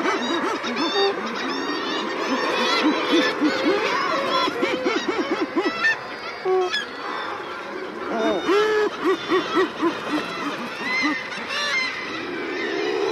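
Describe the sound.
Common murre colony din: quick runs of low, growling, bowed croaks from many birds, rising and falling in pulses, with thin high calls scattered throughout.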